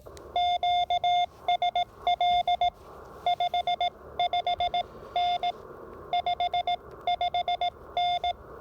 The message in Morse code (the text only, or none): QSL 55N 55N